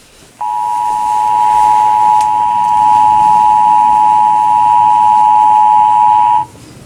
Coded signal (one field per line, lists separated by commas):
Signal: Emergency Alert System (SAME) tones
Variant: 853 and 960 Hz attention tone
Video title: (EXTREMELY RARE) SLO County CIVIL EMERGENCY MESSAGE Cancelling Evacuation Warning (EAS #1,141-1,151)